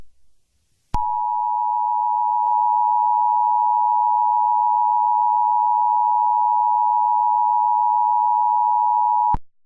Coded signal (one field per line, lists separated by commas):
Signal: Emergency Alert System (SAME) tones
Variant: 853 and 960 Hz attention tone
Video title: EAS Scenario #1 - Roj Invasion